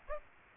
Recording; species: mosquito wingbeat signal from an infrared sensor; Aedes aegypti